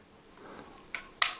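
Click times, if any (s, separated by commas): 1.2 s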